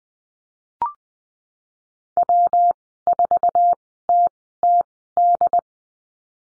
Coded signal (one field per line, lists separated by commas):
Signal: Morse code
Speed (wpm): 20 wpm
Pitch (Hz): 700 Hz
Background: none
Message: W4TTD